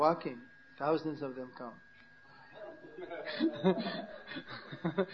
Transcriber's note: laughter